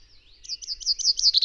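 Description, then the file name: Common chaffinch song fragment: a quick series of repeated sharp, high notes, with a faint low hum beneath. "Fringilla coelebs"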